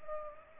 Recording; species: mosquito wingbeat signal from an infrared sensor; Culex pipiens